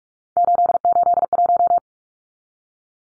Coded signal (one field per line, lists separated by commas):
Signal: Morse code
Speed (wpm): 45 wpm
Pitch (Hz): 700 Hz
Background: none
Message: 881